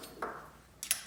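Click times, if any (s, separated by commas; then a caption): 0.9 s. A metal retaining clip on a dirt bike's rear shock is worked into its groove on the shock body with a screwdriver. A bright metallic tick sounds at about 0.2 s, followed by scraping clicks at about 0.8 s. The clip snaps into place and is seated at 0.9 s.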